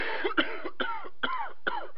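A quick run of about five short, dry, hacking coughs from an adult, each a brief burst with a slight voiced tail and no rattle or wet sound. This is a dry, unproductive cough from an itchy, irritated throat.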